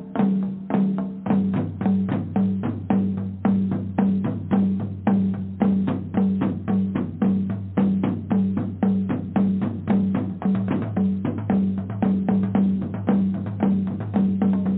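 Drumming in a steady, even rhythm of about three to four strikes per second, held for the whole stretch without pause. Each hit has a round, low, pitched boom that rings briefly, with a muffled top and no other sounds behind it.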